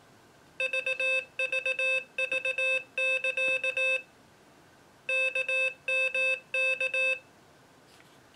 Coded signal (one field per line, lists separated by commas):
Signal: Morse code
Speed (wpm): 18 wpm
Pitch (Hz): 2600 Hz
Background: none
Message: VVV<KA> KMK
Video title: Morserino-32 Extended Review